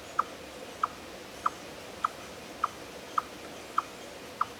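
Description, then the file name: Eastern chipmunk call: eight crisp chips delivered at an even pace of about one every 0.6 seconds against faint background hiss. "Tamias striatus"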